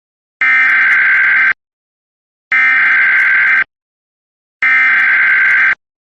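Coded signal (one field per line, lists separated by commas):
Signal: Emergency Alert System (SAME) tones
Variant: header bursts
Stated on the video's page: EAS alerts captured during a Texas statewide tornado drill, mostly civil SAME codes such as CEM, LAE, LEW, CDW.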